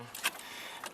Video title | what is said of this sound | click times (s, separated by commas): Ipod Adapter Installation 2002-2006 Audi A4 | the the little Tabs are on the sides just click those in | 0.3 s